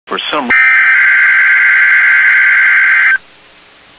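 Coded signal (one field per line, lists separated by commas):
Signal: Emergency Alert System (SAME) tones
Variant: header bursts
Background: speech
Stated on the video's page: Required weekly test from NOAA Weather Radio station in Columbus, Ohio.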